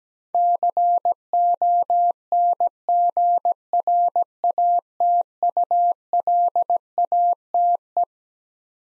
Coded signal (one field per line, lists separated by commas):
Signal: Morse code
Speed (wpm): 17 wpm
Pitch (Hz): 700 Hz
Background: none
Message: CONGRATULATE